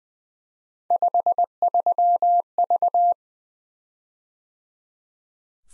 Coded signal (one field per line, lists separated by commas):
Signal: Morse code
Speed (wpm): 20 wpm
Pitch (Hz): 700 Hz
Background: none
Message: 53V